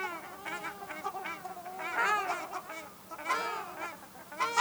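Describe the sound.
Ruddy shelduck honks, nasal arched notes mixed with other overlapping calls, uneven in rhythm and fairly crowded.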